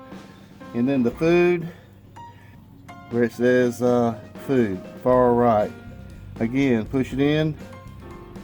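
A food temperature probe plug for a BBQ fan controller is handled at the far-right jack, being lined up to push in, while someone talks. Soft background music runs underneath, and there is a brief short sound at 2.9 s. The clip ends before the plug goes home, so nothing has seated or clicked yet.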